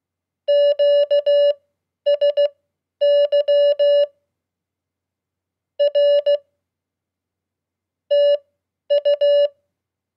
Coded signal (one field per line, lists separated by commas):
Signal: Morse code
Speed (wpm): 16 wpm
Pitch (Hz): 580 Hz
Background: none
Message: QSY R TU